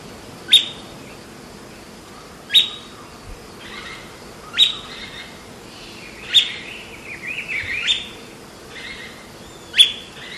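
Bird calls, each a sharp high downward sweep ending in a short clear tone, repeated roughly every two seconds, six times, with a soft chattering burst between.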